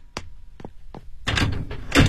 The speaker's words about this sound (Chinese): 开门。